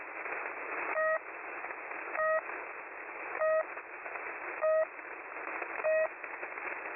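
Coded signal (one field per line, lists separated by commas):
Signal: channel marker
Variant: The Pip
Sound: five short buzzy pips, about 1.2 seconds apart, over hissing shortwave static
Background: radio static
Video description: I noticed an unusual signal on top of the Russian frequency holder signal "The Pip" at 3756 kHz. It stopped just shortly after I tuned to that frequency and started up my screen recorder.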